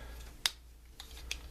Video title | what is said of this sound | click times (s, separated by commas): Transformers review FP Blastoff vs FOC Blastoff | like so, and that will just lock into place like that. | 0.5 s